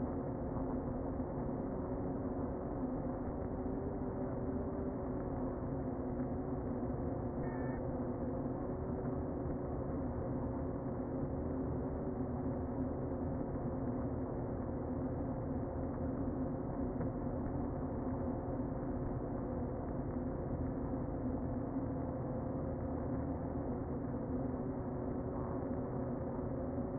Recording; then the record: honeybee colony, microphone inside the hive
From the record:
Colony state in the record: queen present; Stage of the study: before two queens were removed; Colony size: about 60,000 bees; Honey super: yes